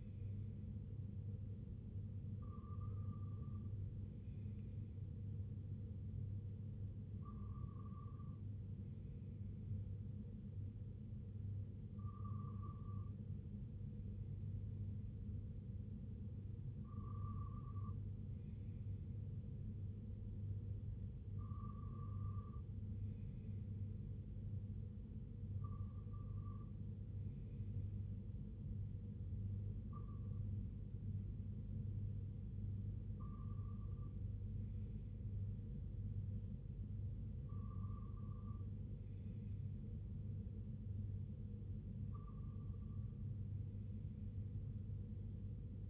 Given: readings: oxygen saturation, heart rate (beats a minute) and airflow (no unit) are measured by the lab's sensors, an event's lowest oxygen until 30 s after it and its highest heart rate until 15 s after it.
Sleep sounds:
breathing in sleep by a smartphone at the bedside; 1
16.00-35.30 s: hypopnea (N2, oxygen 96% highest, then 95% lowest, heart rate 71 at the start, 71 highest)
34.00-45.90 s: new sleep stage, REM sleep
From the record:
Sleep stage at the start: N2 (light sleep); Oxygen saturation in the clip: 95 to 96%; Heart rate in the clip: 63 to 72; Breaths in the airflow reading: 10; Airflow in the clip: -5.4 to 3.0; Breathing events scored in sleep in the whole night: 258 in 7.4 hours asleep

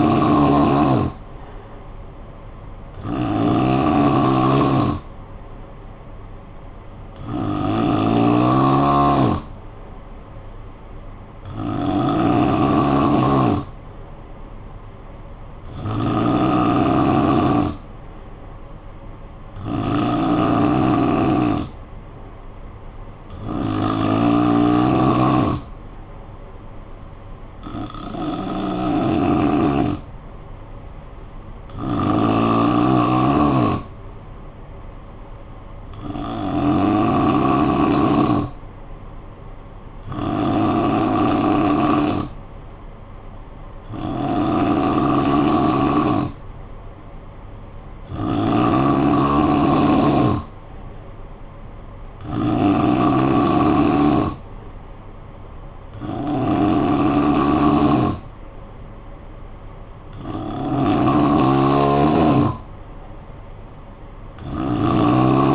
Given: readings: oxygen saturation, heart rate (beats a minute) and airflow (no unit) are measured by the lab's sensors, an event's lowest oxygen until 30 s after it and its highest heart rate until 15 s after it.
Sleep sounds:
breathing in sleep by a smartphone at the bedside; 1
18.00-42.60 s: hypopnea (N3, oxygen 93% highest, then 87% lowest, heart rate 54 at the start, 59 highest)
From the record:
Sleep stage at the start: N3 (deep sleep); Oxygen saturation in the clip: 87 to 93%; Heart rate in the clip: 52 to 59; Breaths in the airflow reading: 16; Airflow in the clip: -7.3 to 5.0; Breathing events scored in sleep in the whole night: 445 in 7.6 hours asleep

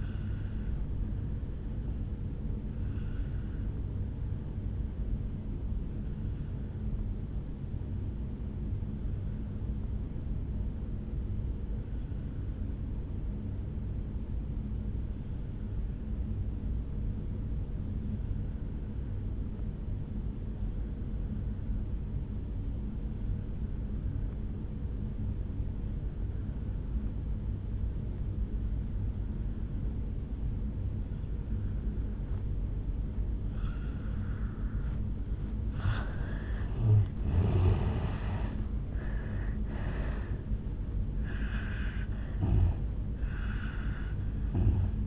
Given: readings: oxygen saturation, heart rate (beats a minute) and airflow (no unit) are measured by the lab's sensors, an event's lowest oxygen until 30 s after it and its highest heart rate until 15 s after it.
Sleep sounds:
breathing in sleep by a smartphone at the bedside; 1
5.00-36.40 s: obstructive apnea (N1, oxygen 97% highest, then 84% lowest, heart rate 59 at the start, 76 highest)
9.00-39.00 s: new sleep stage, N2 (light sleep)
39.00-45.07 s: new sleep stage, N1 (lightest sleep)
From the record:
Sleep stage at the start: N1 (lightest sleep); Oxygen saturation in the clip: 83 to 97%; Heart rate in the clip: 54 to 76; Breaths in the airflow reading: 5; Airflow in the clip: -10.4 to 7.5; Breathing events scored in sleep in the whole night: 449 in 7.0 hours asleep

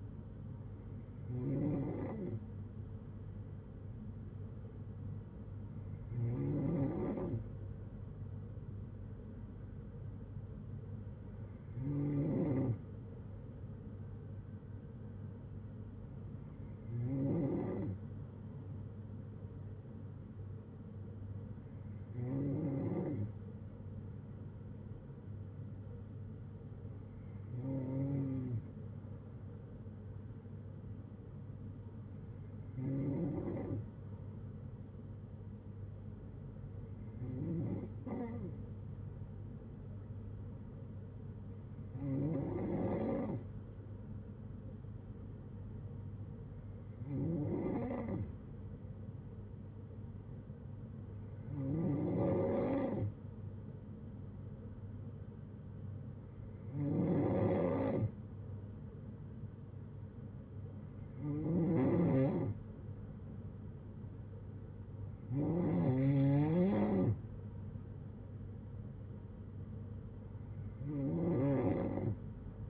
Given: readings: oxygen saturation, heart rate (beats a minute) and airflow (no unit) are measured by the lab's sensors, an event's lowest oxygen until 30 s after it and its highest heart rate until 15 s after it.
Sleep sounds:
breathing in sleep by a smartphone at the bedside; none
20.00-50.00 s: new sleep stage, N2 (light sleep)
50.00-72.70 s: new sleep stage, N3 (deep sleep)
From the record:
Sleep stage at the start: N3 (deep sleep); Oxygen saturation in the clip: 93 to 95%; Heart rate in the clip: 57 to 64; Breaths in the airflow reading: 16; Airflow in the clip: -6.7 to 5.3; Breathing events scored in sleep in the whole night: 182 in 7.4 hours asleep

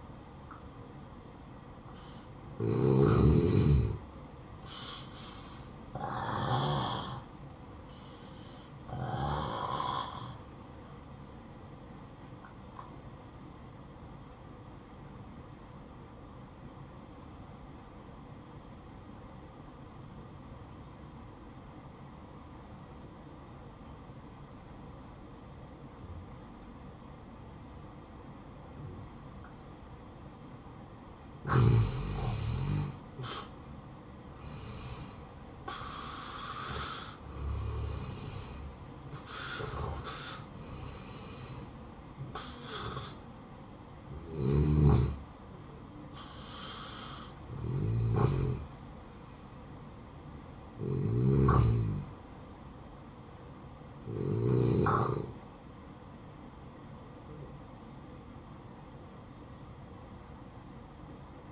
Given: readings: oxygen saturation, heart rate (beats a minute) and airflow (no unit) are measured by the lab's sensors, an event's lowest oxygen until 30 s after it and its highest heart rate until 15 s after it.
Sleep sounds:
breathing in sleep by a smartphone at the bedside; 1
6.00-35.70 s: hypopnea (N1, oxygen 94% highest, then 84% lowest, heart rate 61 at the start, 73 highest)
52.00-61.52 s: new sleep stage, N2 (light sleep)
From the record:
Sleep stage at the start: N1 (lightest sleep); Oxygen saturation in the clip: 84 to 94%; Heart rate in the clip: 58 to 73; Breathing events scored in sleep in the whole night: 573 in 9.8 hours asleep

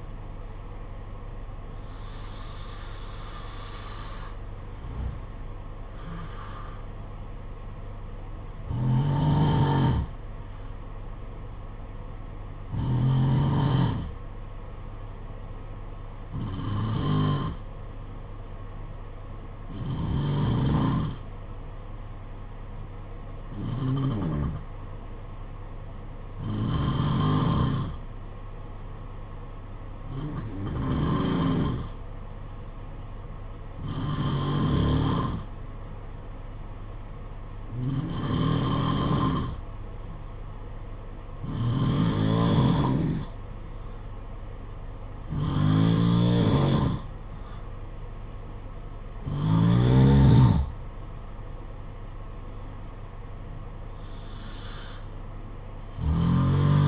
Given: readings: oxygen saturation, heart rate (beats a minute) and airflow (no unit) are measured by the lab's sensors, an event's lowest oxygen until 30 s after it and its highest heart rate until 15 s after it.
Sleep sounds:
breathing in sleep by a smartphone at the bedside; 1
15.00-48.00 s: hypopnea (N2, oxygen 95% highest, then 90% lowest, heart rate 55 at the start, 63 highest)
From the record:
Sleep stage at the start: N2 (light sleep); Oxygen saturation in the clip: 89 to 95%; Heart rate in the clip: 55 to 64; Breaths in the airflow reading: 15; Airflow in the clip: -6.3 to 8.4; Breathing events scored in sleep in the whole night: 476 in 9.7 hours asleep

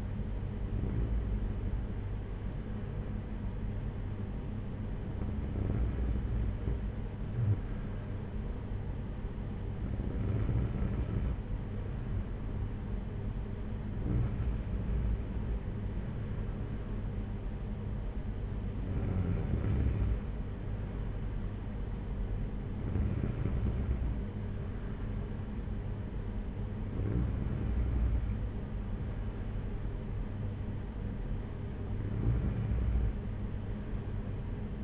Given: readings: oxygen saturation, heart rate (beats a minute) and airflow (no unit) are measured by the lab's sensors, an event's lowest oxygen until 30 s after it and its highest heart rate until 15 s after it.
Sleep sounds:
breathing in sleep by a smartphone at the bedside; none
none scored
From the record:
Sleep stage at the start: N2 (light sleep); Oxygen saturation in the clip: 93 to 95%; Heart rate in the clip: 52 to 62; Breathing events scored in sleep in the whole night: 226 in 8.8 hours asleep

